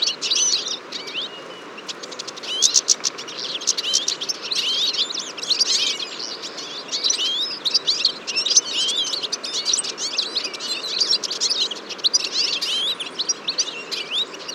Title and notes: Choeur de fringilles. 23 février 2014-Fourcinet - Drôme. à la mangeoire un grand nombre de Tarin des aulnes (Carduelis spinus)